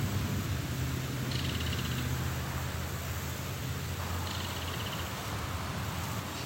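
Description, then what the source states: Belted Kingfisher rattling twice, each a quick mechanical burst under a second long, with a constant low droning hum throughout. Female; in this species females are more vocal and more colourful than males.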